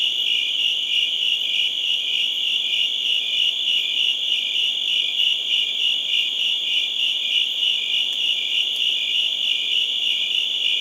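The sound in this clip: Crickets form a dense ringing chorus of rapid chirps, with a couple of faint clicks near the end.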